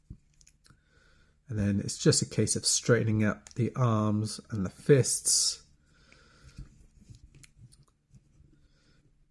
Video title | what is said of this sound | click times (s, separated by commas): Covert Agent Ravage & Micromaster Decepticons Forever Ravage - Transformers Review | again and that pegs into there so that you should feel it clicking like that | 0.4 s, 0.5 s